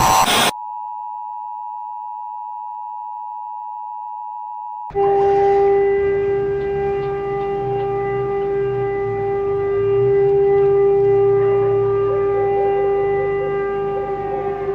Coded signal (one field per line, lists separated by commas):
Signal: Emergency Alert System (SAME) tones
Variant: 853 and 960 Hz attention tone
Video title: Rating EAS all deleted scenes